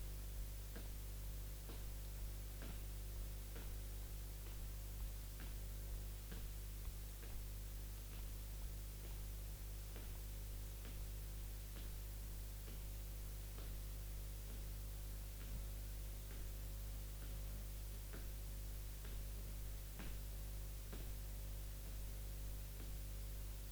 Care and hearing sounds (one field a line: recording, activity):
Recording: daily activity, guitar pickup as the sensor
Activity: jump